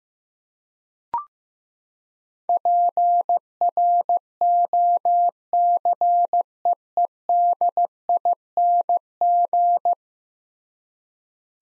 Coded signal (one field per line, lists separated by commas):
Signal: Morse code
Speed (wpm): 15 wpm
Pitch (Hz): 700 Hz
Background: none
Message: PROCEEDING